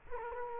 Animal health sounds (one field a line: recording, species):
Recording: mosquito wingbeat signal from an infrared sensor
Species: Culex quinquefasciatus